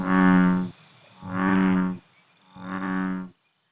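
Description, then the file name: American bullfrog gives three deep, droning croaks, each lasting under a second and spaced a little over a second apart. "Rana catesbeiana"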